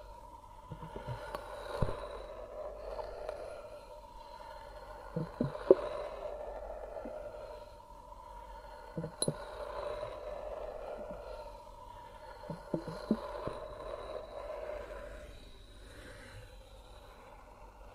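Hypnotic triggers around the head and ears: soft scraping and rustling sounds that swell and fade, with a faint steady hum beneath. Brief taps and clicks land near 2, 5–6, 9 and 13 seconds, and the texture stays quiet and gentle throughout.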